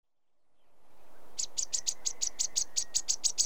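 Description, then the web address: Sedge warbler: after a fade-in of background sound, a steady series of about a dozen short, scratchy high notes at a brisk, even pace. Recorded in Britain. "The BBC Sound Effects Library - Complete 60 CDs Collection Sound Effects Library-12 (British Birds) 16 Sedge Warbler"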